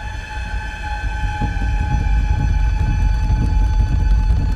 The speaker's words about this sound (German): Irgendwo in der Höhe hörte er ein Geräusch, so als ob irgendetwas im Inneren des Berges mit einem Seufzen platzte. Dann hörte er ein tiefes, anschwellendes Grollen und nur einen Augenblick darauf begann die Erde unter seinen Füßen zu zittern.